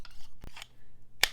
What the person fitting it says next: nice positive click, no rattle.